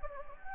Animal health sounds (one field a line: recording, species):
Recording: mosquito wingbeat signal from an infrared sensor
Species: Anopheles gambiae